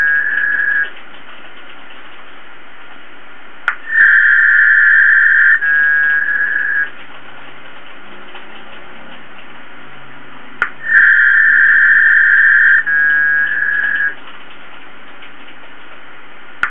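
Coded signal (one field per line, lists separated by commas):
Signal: packet radio (AX.25, as in APRS)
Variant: 300 baud HF packet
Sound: several short warbling data bursts near 1.7 kHz with key-up clicks, between steady hiss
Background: radio static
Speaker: i'm going to send just random characters and non-words eight or ten words per line and just see how much throughput we can get over a good connection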